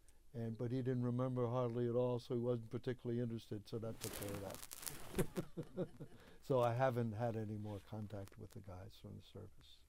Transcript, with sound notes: And — but he didn't remember hardly at all so he wasn't particularly interested, so that took care of that. [laughter] So I haven't had any more contact with the guys from the service.